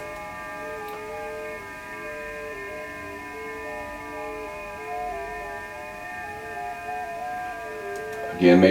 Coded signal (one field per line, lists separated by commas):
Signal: FT8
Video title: Setting up Kenwood TS-890 for FT8 operations